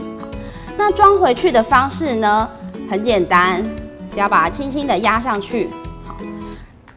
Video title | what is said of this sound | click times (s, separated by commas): 13 Bosch 產品使用基本教學 洗碗機 | 后有咔的一声，好，其实就已经装好 | 6.1 s